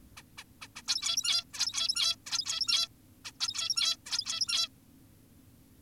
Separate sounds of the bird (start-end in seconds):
0.17-0.23, 0.38-0.44, 0.62-0.68, 0.76-0.82, 0.87-1.44, 1.54-2.16, 2.26-2.88, 3.25-3.32, 3.40-3.97, 4.06-4.68